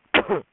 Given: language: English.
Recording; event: throat vibration sensor signal played as sound; cough